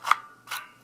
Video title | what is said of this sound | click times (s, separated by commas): DA OTF Hidden Blade (3D Printed) | and you pull till you hear the click, and then that's when you know it's good. | 0.1 s